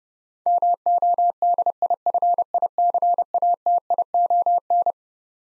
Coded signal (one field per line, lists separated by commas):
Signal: Morse code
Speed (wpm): 32 wpm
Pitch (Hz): 700 Hz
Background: none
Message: MODIFICATION